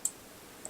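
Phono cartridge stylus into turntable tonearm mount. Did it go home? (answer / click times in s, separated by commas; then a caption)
yes / 0.0 s. A new phono cartridge and stylus assembly with a plastic cantilever is pushed up into the tonearm mount of a 1986 Magnavox stereo, model MX 1820BK01. It snaps into place with a sharp click at 0.1 s, followed by a fainter tick at 0.7 s, and the cartridge is seated and connected.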